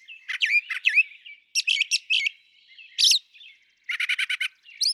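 Brown Thrasher song: varied, rich phrases of chips and slurred notes in brief clusters, with a fast repeated series near the end.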